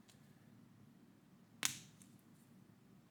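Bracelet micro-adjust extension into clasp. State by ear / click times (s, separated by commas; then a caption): seated / 1.7 s. The metal clasp micro-adjust extension on a Traska Seafarer Charcoal Black 5223 V3 watch bracelet is pushed fully back into the heavily spring-loaded clasp against a quiet, steady background. It engages with a single sharp, bright click at 1.7 s, followed by a brief faint tick, and the extension is fully engaged.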